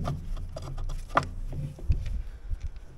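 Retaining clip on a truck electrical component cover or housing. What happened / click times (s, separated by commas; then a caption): The clip snapped open and released / 1.2 s. A retaining clip on a truck's electrical component cover or housing, already open on one side, is pried at while tracing an electrical fault, with faint rubs and small knocks as the stuck side resists. At 1.2 s the clip gives way with a sharp snap, and a few softer knocks follow. The clip releases, showing it was a detachable type.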